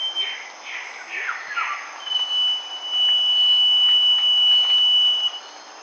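Northern scrub robin giving a long, thin, steady whistle held for about three seconds, preceded by a few softer slurred notes, over a constant high hiss.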